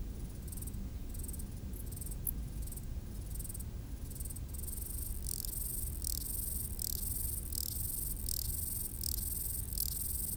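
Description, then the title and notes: Grasshopper stridulation, scattered and irregular at first, then settling into louder, regular high rasping bursts, with a constant low rumble beneath. Grasshoppers stridulating on a roadside bank along the Mont du Chat TV relay road at 1500 m altitude, Le Bourget-du-Lac, France, with distant valley noise in the background. "D42, 73370 Le Bourget-du-Lac, France - insectes du talus. Route du relais télévision du Mont du Chat à 1500m d'altitude les stridulations des criquets sur le talus et les bruits lointains de la vallée en arrière plan"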